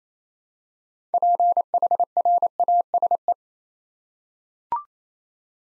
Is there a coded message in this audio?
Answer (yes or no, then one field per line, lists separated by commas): yes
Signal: Morse code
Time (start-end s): 1.1-3.3 s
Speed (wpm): 28 wpm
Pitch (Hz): 700 Hz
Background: none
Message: PHRASE